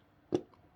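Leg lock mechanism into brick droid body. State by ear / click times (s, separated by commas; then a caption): seated / 0.3 s. The center-leg locking mechanism of a plastic 2021 Lego UCS R2-D2 75308 droid model is pushed back up into the body until it clicks into its stowed position. A sharp click sounds at 0.4 s, followed by a much fainter tick at 0.5 s. The leg now stays locked in the up position.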